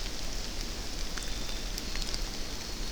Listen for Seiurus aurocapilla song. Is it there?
no